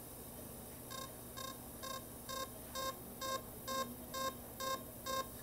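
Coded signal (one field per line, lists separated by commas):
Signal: none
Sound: surgical laser device beeps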